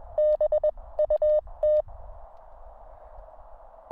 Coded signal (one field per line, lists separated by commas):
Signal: Morse code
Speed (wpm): 21 wpm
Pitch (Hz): 610 Hz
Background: none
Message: BUT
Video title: The Tin-Can Cargo-Pants Pocket HF Radio Station.